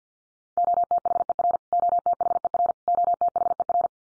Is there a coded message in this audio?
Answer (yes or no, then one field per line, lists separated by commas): yes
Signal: Morse code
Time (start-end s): 0.6-3.9 s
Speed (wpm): 48 wpm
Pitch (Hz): 700 Hz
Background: none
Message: OTHER OTHER OTHER